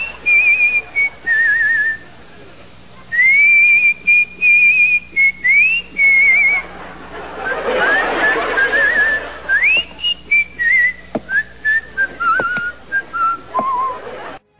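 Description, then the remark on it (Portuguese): A person whistles a wandering, melodic tune in short phrases, the high pitch sliding up and down between brief pauses, with a breathy rush of noise partway through. “Quem ia conseguir vencer o … com o seu assobio mágico dele lá de assobiar aquela canção da ausência, né?”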